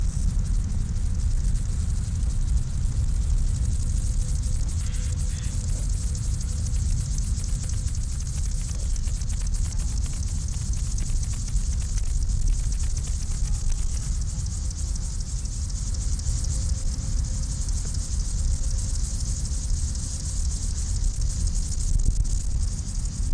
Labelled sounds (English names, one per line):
Upland Field Grasshopper stridulation